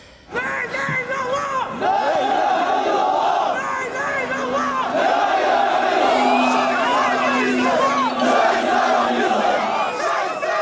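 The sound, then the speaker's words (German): A large crowd shouts and chants loudly and continuously at a counter-demonstration against radical Islamists on the square in front of a station entrance at Potsdamer Platz, many voices overlapping in rising, rhythmic calls, with a steady low drone underneath. “Als wir hinkamen, war der Platz vor dem Bahnhofseingang voller Menschen. Eine Gegendemo gegen die radikalen Islamisten.”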